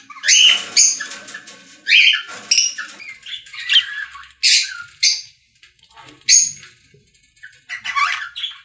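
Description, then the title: Budgerigar squawks and sharp chirps, separate loud notes spaced irregularly with softer chatter between them. "Budgie Sounds"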